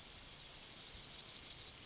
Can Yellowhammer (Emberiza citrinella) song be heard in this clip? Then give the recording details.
yes. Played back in forest. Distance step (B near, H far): B. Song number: 031